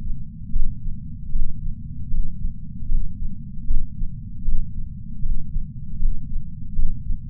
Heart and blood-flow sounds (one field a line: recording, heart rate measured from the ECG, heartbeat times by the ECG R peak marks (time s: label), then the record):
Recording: heart sounds by patch sensor on the chest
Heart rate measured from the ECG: 77 bpm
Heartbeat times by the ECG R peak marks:
0.53 s: heartbeat
1.33 s: heartbeat
2.11 s: heartbeat
2.89 s: heartbeat
3.68 s: heartbeat
4.45 s: heartbeat
5.23 s: heartbeat
6.00 s: heartbeat
6.76 s: heartbeat
From the record:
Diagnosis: coronary artery disease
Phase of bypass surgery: postoperative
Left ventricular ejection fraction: 43.8%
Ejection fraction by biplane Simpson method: 45%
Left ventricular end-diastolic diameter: 59 mm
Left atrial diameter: 36 mm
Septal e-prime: 6.9 cm/s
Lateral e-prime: 6.4 cm/s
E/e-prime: 9.2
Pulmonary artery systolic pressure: 22 mmHg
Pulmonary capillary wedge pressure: 19 mmHg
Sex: male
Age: 57 years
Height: 183 cm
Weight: 85 kg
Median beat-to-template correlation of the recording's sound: 0.89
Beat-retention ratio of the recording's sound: 0.99